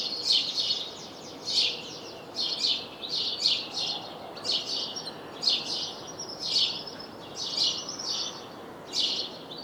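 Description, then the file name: House sparrow chirps, short bright notes given in loose clusters about once a second, steady chatter throughout with a constant low hiss behind. "Passer domesticus"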